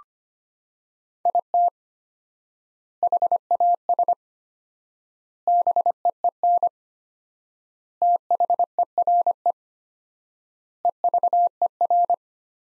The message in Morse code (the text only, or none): IT HAS BEEN THERE EVER